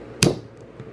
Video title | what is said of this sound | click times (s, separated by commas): Don't Risk Engine Failure - Must-Have Subaru Mod | Ooh, that's satisfying right there. It's a nice click. | 0.2 s